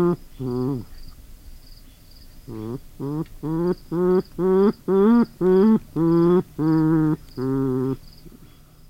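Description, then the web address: Porcupine calls: short, harmonic, whining notes, each under half a second, two notes, a pause, then a run repeated roughly twice a second, over faint background hiss. "Wildlife Sounds. Porcupine"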